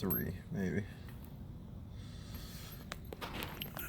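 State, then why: Torque reached. Someone talks, then a click-type torque wrench set to about 180–185 ft-lb tightens a steel spiked lug nut onto a wheel stud on a Toyota Tundra truck wheel. The wrench gives a sharp click at 2.9 s when the setting is reached, followed by a few fainter short ticks.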